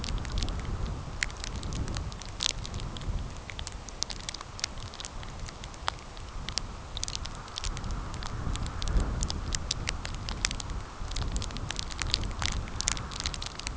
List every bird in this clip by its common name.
none